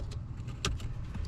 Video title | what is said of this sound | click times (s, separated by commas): The FIRST Mod You Need For Your Ford Ranger Raptor | can hear good solid click there. | 0.6 s